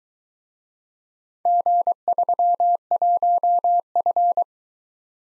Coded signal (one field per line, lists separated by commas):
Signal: Morse code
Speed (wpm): 23 wpm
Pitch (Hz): 700 Hz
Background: none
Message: G31F